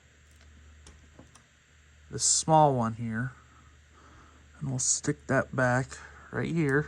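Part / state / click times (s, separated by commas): small plastic gear-cover clip going onto a model locomotive truck / not seated / none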